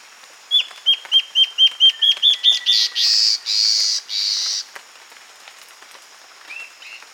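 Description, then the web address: Guianan warbling antbird song: a fast run of several short, sharp whistled notes rising slightly in pitch, then three long harsh buzzy notes; a faint pair of notes follows later. Recorded on 22 June 2008. "chants 20080622 hypcancht"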